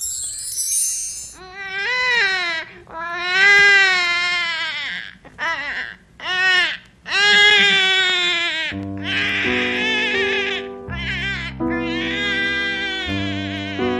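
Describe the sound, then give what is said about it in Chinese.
A baby wails loudly in a household, in a scene set in 1937, in long, strained bursts with brief breaths between, the high cries rising and falling in pitch, later joined by a low sustained tone underneath. “一阵响亮的婴儿啼哭划破天际。”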